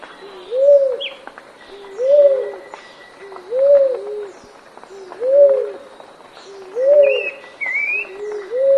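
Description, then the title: Dove giving steady low coos, each a rounded hooting phrase, repeated roughly every one and a half seconds, while other small birds chirp and twitter faintly higher up. "Canto Da Pomba"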